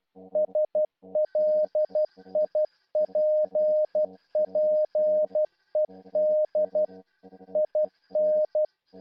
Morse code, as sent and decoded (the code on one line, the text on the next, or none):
... .-.. .. .--. .--. . -.. / .. -.
SLIPPED IN